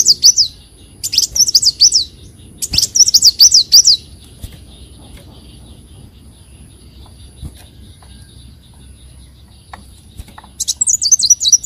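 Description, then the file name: Leafbird song in short bursts of rapid high whistles, followed by several seconds of quiet, then another quick run of sharp notes. "Tieng chim xanh tim"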